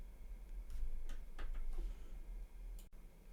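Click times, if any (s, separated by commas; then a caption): none. A small metal component with a wheel attached is positioned with tweezers into the mechanical movement of a Seiko 5 watch, producing light metallic taps at about 0.7, 1.1, 1.4 and 2.8 seconds. The part has not seated correctly, and nothing has clicked into place.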